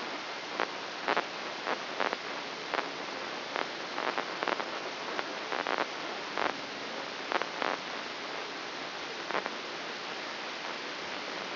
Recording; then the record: brain microelectrode recording played as sound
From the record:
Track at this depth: inside the subthalamic nucleus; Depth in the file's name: 6.505 mm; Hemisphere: left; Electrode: 3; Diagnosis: Parkinson's disease